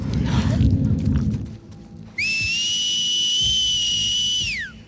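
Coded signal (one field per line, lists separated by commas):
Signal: whistled language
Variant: Seraphite whistle (game)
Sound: rustling and low rumble, then one long high whistle with a sharp rise and falling end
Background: low rumble, gagging noises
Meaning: One of ours has fallen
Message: Man Down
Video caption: that's the Man Down whistle when they find a Seraphite that you have killed. (Ellie pulls out her knife from a Seraphite's throat, followed by the same Seraphite gagging) (the Man Down whistle)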